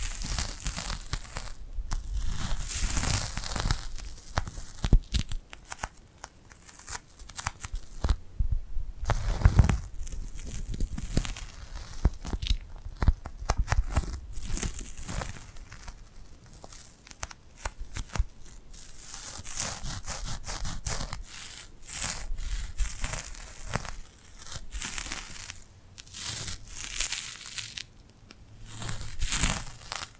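Glued hands rub and pull apart in a continuous run of sticky, crackling peels and crinkles. The bright, dense texture keeps shifting, with frequent short bursts and brief quieter gaps, and a soft low thump near ten seconds.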